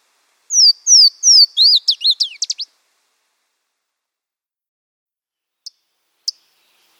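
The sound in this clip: Louisiana waterthrush singing three loud slurred whistles that give way to a quick, descending chippering tumble, then a few sharp isolated chip notes.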